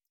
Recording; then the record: hydrophone in a shrimp aquaculture tank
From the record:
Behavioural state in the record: feeding